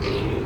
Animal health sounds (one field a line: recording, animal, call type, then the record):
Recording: contact call of a hoofed animal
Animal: pig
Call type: closed-mouth grunt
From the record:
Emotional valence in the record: positive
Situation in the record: food and toys in familiar pen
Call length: 0.46 s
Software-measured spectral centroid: 1880 Hz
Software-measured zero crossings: 1440 a second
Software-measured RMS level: -24 dBFS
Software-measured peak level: -13 dBFS